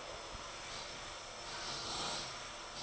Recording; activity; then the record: daily activity, microphone in the room; vacuum cleaning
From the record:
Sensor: 5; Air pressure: 988.8 hPa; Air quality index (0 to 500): 236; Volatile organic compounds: 200 ppm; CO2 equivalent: 4213 ppm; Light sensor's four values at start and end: 39/124/48/51 and 39/124/48/51